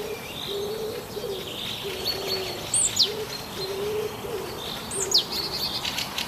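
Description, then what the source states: Bird chorus with high twittering and sharp down-slurred whistles over a steady series of low, soft cooing notes. Birdsong in a forest.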